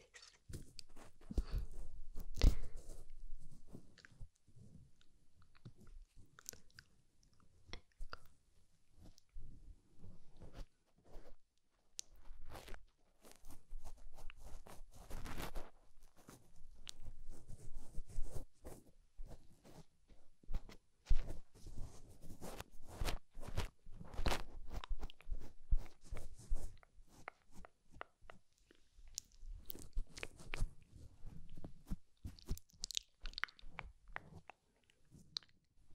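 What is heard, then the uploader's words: Ear massage sounds: dense, irregular rubbing and crackling, with sharp clicks and brushing bursts throughout. The texture comes in waves, louder around the start, the middle and near the end. ASMR SUBLIME EAR MASSAGE EXTRA RELAXING.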